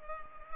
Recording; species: mosquito wingbeat signal from an infrared sensor; Culex pipiens